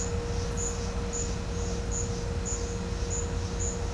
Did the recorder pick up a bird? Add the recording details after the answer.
no. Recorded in pastures near Puerto Asís, Putumayo, Colombia, on 21 December 2024 at 11:30. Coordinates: 0.502, -76.324. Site G077